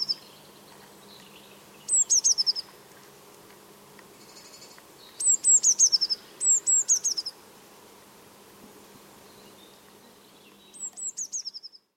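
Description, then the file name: Eurasian blue tit calling in high, thin rapid series of down-slurred notes, bursts near two, five to seven and eleven seconds, with a soft low background hum. "Cyanistes caeruleus"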